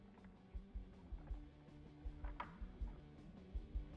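A conversion kit harness plug for an E85 conversion kit is pressed onto the second fuel injector while music plays in the background. A faint tick is heard just before its locking clip snaps in with a sharp click at 2.4 s, and the connector is seated.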